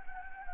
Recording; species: mosquito wingbeat signal from an infrared sensor; Anopheles gambiae